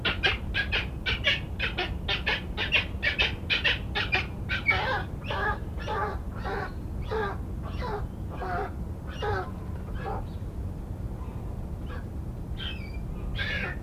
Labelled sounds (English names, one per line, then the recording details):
Western Cattle Egret courtship call
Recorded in captivity
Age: adult
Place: Zoo Osnabrück, Niedersachsen, DE
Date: 1981-08-31
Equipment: Halbspur, 9,5 cm/s
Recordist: Lütgens, Hans